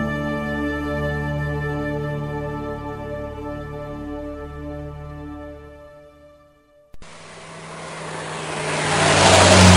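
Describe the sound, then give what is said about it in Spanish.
A race car engine hums with a steady, buzzing drone, fades briefly, then bursts into a loud, rushing roar that swells toward the end. No one speaks. “Automovilismo. Soy un coche de carreras, el bólido más veloz, pintado el número uno en medio de mi alerón.”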